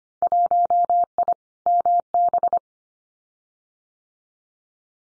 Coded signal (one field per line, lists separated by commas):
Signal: Morse code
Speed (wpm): 25 wpm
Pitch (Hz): 700 Hz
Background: none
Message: 1I MB